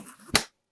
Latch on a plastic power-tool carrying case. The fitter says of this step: lo abres así, y luego haces clic aquí, así.